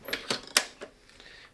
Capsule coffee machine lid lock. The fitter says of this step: So we just need to unlock the machine.